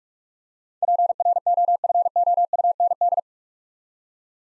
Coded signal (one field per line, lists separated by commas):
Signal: Morse code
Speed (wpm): 44 wpm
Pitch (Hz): 700 Hz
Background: none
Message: PROFOUND